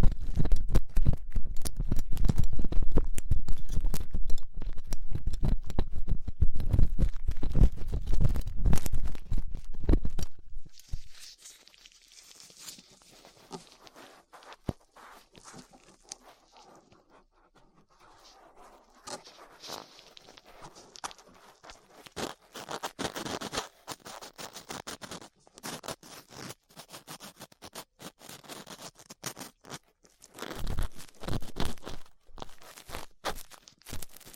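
Ear cleaning with latex gloves and tools: loud rough rubbing for ten seconds, then quieter intermittent scratching and soft crackly scraping with pauses.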